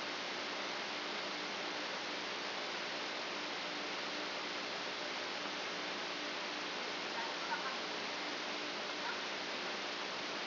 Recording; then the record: brain microelectrode recording played as sound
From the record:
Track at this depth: outside the subthalamic nucleus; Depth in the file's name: 8.228 mm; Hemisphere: left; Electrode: 2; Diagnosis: Parkinson's disease